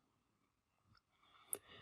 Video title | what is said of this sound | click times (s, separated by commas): Replace the Legacy PowerView Motor for a Cassette Designer Roller or Screen Shade | And once we've done this, we'll press down until the motor clicks into place. | 1.5 s